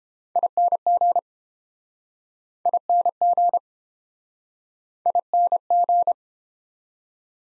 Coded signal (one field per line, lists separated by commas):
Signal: Morse code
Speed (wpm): 30 wpm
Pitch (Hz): 700 Hz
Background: none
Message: ING ING ING